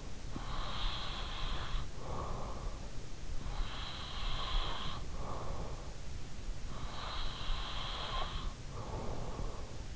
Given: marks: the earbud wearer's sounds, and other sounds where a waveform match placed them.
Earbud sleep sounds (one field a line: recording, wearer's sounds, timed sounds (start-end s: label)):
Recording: sounds in sleep by an in-ear microphone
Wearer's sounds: breath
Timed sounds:
0.00-6.06 s: breath
6.86-9.60 s: breath